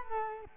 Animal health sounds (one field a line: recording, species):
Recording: mosquito wingbeat signal from an infrared sensor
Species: Culex quinquefasciatus